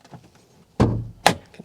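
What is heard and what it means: The interior bonnet release lever of a 2021 MG ZS EV is pulled, and the front bonnet latch pops open with a loud thunk at 0.8 s, followed by a sharp second knock at 1.3 s as the bonnet lifts. The bonnet is released.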